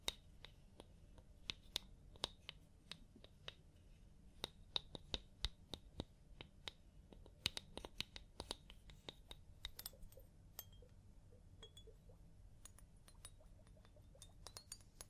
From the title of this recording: Personal Attention Scalp Massage, Hair Wash